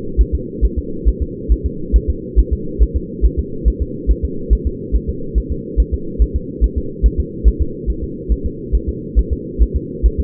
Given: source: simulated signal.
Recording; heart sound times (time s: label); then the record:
fetal heart sounds
0.21 s: S1
0.35 s: S2
0.65 s: S1
0.78 s: S2
1.08 s: S1
1.22 s: S2
1.52 s: S1
1.66 s: S2
1.96 s: S1
2.10 s: S2
2.39 s: S1
2.53 s: S2
2.82 s: S1
2.96 s: S2
3.25 s: S1
3.39 s: S2
3.68 s: S1
3.82 s: S2
4.11 s: S1
4.25 s: S2
4.53 s: S1
4.67 s: S2
4.95 s: S1
5.09 s: S2
5.38 s: S1
5.52 s: S2
5.80 s: S1
5.94 s: S2
6.22 s: S1
6.36 s: S2
6.64 s: S1
6.78 s: S2
7.06 s: S1
7.20 s: S2
7.48 s: S1
7.62 s: S2
7.90 s: S1
8.04 s: S2
8.32 s: S1
8.46 s: S2
8.75 s: S1
8.89 s: S2
9.19 s: S1
9.33 s: S2
9.62 s: S1
9.76 s: S2
10.06 s: S1
10.20 s: S2
From the record:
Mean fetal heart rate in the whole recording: 140 bpm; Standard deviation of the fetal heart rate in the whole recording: 2 bpm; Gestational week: 34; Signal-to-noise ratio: -4.3 dB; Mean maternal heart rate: 72 bpm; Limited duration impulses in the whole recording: absent